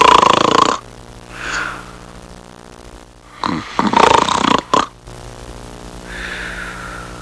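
Loud, rough snore bursts of uneven length recur about four times in seven seconds, with quieter breathing between. This is ordinary snoring, the vibration of the upper airway during sleep.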